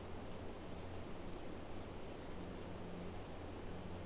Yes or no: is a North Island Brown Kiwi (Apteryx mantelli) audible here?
no